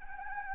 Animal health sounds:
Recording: mosquito wingbeat signal from an infrared sensor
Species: Anopheles gambiae

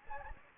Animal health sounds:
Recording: mosquito wingbeat signal from an infrared sensor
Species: Anopheles gambiae

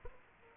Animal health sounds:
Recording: mosquito wingbeat signal from an infrared sensor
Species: Aedes aegypti

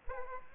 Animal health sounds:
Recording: mosquito wingbeat signal from an infrared sensor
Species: Aedes aegypti

